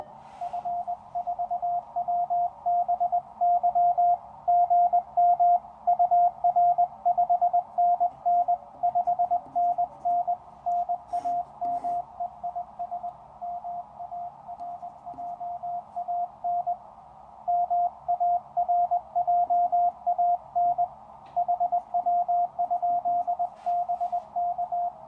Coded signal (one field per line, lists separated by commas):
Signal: Morse code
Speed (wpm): 20 wpm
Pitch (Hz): 700 Hz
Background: radio noise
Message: F4WBY GM UR5NN 5NN NAMEIS MARJAN MARJAN HW?BK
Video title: The Resurrection of the Small Wonder Labs SW+ Radio, Pt2.